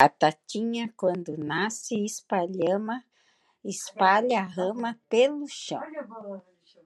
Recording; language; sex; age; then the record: short text; Brazilian Portuguese; female; 60 to 69 years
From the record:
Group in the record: control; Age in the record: 65 years